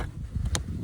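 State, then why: Seated. A downward-pointed plastic retaining clip is pushed into the front bumper cover mount on the side of a 2007–2011 Toyota Camry. Over low, rumbling background noise, a sharp, short click sounds at 0.6 s as the clip seats in the mount and holds.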